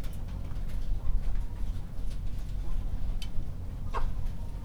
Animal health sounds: poultry house recording; sick chickens (respiratory disease)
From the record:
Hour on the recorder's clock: 22

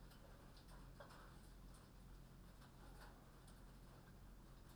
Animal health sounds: poultry house recording; no chicken sound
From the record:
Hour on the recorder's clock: 21

